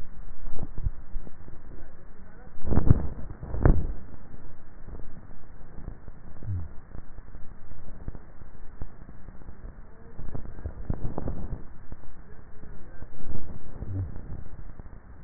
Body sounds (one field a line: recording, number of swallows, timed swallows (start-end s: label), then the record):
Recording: swallowing sounds by neck microphone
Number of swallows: 1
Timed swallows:
0.68-1.44 s: swallow
From the record:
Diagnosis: dysphagia